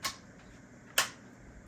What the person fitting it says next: voilà faut bien la pousser au fond pour qu'elle fasse un clic